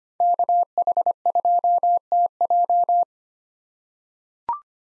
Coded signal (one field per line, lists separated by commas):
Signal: Morse code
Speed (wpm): 25 wpm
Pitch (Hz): 700 Hz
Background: none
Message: KH2TJ